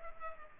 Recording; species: mosquito wingbeat signal from an infrared sensor; Culex pipiens